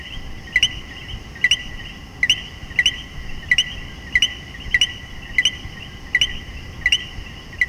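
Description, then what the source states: Common coquí, steady run of two-note co-qui calls, each a short note rising into a higher chirp, with a constant background chorus. Several common coquí frogs calling in Puerto Rico.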